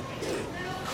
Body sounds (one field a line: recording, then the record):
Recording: coughing mixed with background sound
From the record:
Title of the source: 60 coughing still (deep and wet cough)